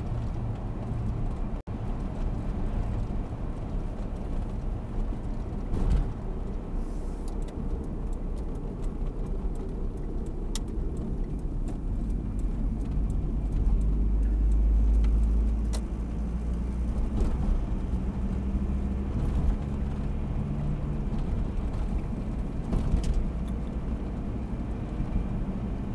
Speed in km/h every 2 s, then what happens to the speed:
75, 72, 70, 60, 47, 38, 35, 39, 45, 50, 53, 56, 62.
0-11 brakes to 35. 11-26 speeds up to 62.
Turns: none.